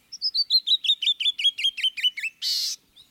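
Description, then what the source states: Canyon Wren song: a descending cascade of many sweet whistled notes at a fairly even pace, ending in a short rasping buzz. Brilliant song suited to echo across stony terrain; American West, Mexico to southern British Columbia; resident year-round among steep rocky outcrops and cliffs; nests in rock piles and under overhangs.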